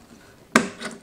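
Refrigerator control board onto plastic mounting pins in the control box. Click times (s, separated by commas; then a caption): 0.6 s. A GE refrigerator control board, lined up on its plastic anchor pins in the control box, is pushed down until it snaps into place. After quiet background noise, a sharp snap rings out at 0.6 s, followed by a fainter clatter around 0.85 s. The board is seated on its mounting pins.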